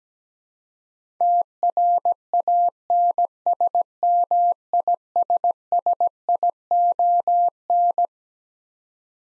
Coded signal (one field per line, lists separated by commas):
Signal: Morse code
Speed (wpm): 17 wpm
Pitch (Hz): 700 Hz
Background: none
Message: TRANSMISSION